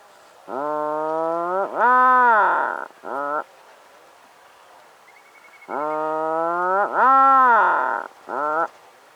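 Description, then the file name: Atlantic puffin making two matching bouts of low, harmonic groans, each a long moan, a louder rising-falling one and a short final grunt, separated by quiet. "Canto do papagaio do mar"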